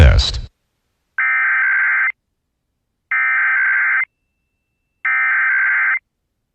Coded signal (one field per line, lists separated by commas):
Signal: Emergency Alert System (SAME) tones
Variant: header bursts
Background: speech